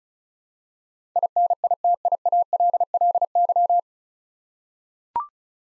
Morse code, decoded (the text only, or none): INITIALLY